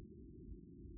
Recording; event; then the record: neck accelerometer signal played as sound; no cough (speech, laughter, throat clearing or background)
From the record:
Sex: male